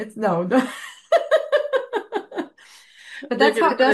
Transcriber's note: laughs